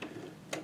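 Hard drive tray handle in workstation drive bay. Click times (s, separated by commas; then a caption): 0.5 s. A lever on a plastic hard drive tray in the drive bay of an HP Z620 workstation is pushed down, and the tray handle springs out with a sharp click at 0.5 s, releasing it. Fainter ticks come just before and after.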